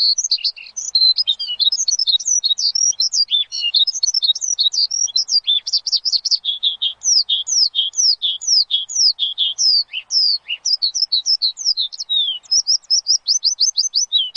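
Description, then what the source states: Javan bush lark song, a long run of fast, varied high notes, sweeping slurs and buzzy trills. Used as a lure; described as gacor, a bird singing continuously and energetically.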